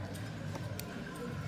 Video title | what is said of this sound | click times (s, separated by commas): Remplacement écran Samsung Galaxy S8 plus | Attention, la prise jack ne va pas rentrer, il faut la clipser. Hop, c'est bon. Vous l'avez entendu? | 0.8 s